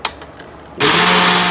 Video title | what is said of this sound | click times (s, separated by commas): Tyler ISD celebrates Hispanic Heritage Month - Karter from Bell Elementary | Now twist it. Twist it. You hear a snap. | 0.1 s